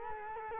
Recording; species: mosquito wingbeat signal from an infrared sensor; Culex quinquefasciatus